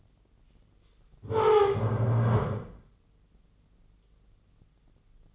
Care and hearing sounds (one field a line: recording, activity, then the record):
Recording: daily activity, microphone in the room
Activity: stand up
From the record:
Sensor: 4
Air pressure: 996.7 hPa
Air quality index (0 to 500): 241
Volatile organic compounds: 349 ppm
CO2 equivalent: 4582 ppm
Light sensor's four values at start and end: 46/112/46/46 and 45/111/46/46